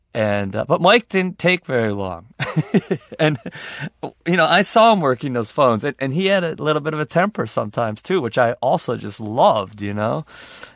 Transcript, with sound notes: And - but Mike didn't take very long.
(Laughter).
And, you know, I saw him working those phones. And he had a little bit of a temper sometimes, too, which I also just loved, you know?